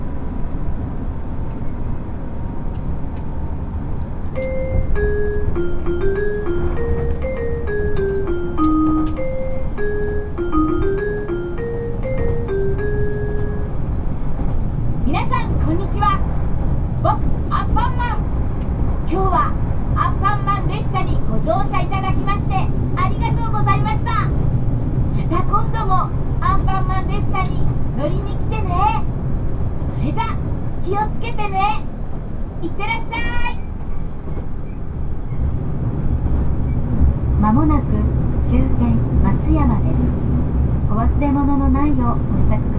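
Aboard the Ishizuchi 101 express, a steady low train rumble runs throughout while a short chime melody plays, then a long spoken announcement.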